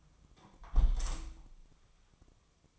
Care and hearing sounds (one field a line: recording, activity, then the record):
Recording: daily activity, microphone in the room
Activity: close window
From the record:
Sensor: 1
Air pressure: 1004.7 hPa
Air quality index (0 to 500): 111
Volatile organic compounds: 4 ppm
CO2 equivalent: 1538 ppm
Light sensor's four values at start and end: 9/21/8/9 and 8/20/8/9